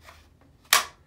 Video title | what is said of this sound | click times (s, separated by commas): Great Concealed Carry Options | you can adjust that so this just snaps right in there and | 0.7 s